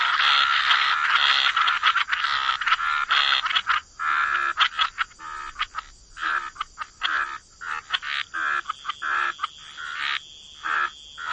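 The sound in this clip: Frog chorus, dense overlapping raspy croaks that thin into rapid separate bursts, over a constant high whine in the background.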